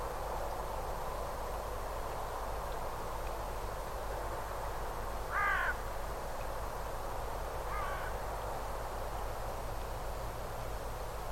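Bird calls: two brief, harsh calls a couple of seconds apart, the second fainter, over continuous rushing background noise.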